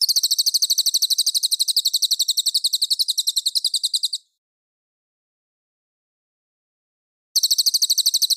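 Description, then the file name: Mangrove whistler song: a rapid trill of piercing high notes, a silent gap, then the trill resumes. Song described as clear. "suara burung cililin jernih"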